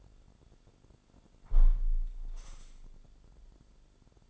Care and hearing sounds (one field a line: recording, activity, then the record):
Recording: daily activity, microphone in the room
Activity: close window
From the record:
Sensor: 5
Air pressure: 1006.7 hPa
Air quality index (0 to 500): 191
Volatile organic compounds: 5 ppm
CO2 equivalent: 1820 ppm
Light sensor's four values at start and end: 57/161/63/63 and 57/161/63/63